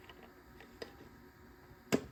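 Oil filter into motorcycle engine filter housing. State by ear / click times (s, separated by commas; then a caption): seated / 1.9 s. A new oil filter is fitted into the filter housing of a KTM RC8R 1190 motorcycle engine. After a few faint ticks, a sharp, loud click at 1.9 s marks the filter locking into place, seated.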